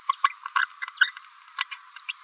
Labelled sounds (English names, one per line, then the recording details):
Green-rumped Parrotlet babbling
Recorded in a nest box in Venezuela
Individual 18B17A4